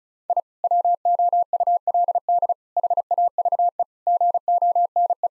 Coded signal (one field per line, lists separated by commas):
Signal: Morse code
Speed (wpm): 36 wpm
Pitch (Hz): 700 Hz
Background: none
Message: I WOULD HAVE GONE